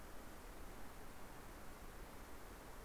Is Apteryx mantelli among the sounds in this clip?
no